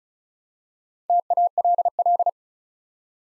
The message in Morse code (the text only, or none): TALL